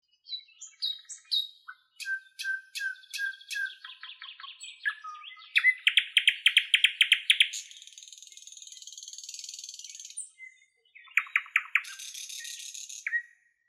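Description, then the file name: Common nightingale singing: sharp whistled notes repeated in quick series, a loud pulsing trill, a high, hissing, rattling passage, then a short rapid trill to close. "solovey"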